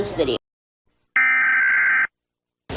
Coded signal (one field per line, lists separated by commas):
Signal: Emergency Alert System (SAME) tones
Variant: header bursts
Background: speech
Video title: Rating eas alarms from different countries